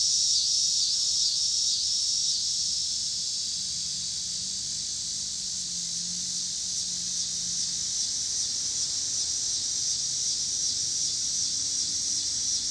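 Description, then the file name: Cicadas in a steady high buzzing chorus. Cicadas recorded with car noise in Pittsburgh, Pennsylvania, on 26 August 2023. "cicadas and cars Pittsburgh PA"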